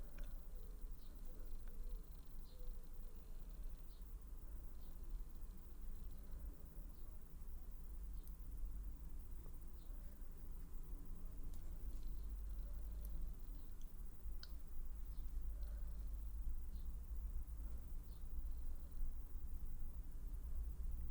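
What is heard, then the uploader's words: Lipstick being tried on, with small clicks and light taps scattered throughout, a few sharper ones around the middle. Underneath runs a steady, even low rumble that holds at the same level for the whole stretch. ASMR Lip Stick Try-On & Assorted Sounds.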